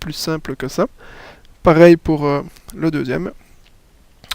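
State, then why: Seated. Someone talks while fitting the second 3.5-inch hard drive into a Synology DS216+II two-bay NAS, repeating the tool-less mounting used for the first drive, a WD Red. A plastic tray or rail part is pressed until it clips onto the drive or into the bay, and a sharp click is heard at 4.3 seconds as it snaps home and seats.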